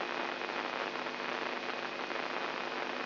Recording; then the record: brain microelectrode recording played as sound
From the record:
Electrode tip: inside the subthalamic nucleus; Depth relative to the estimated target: -3 mm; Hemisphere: left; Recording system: AlphaMap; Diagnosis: Parkinson's disease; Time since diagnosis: 11 years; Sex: male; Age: 67 years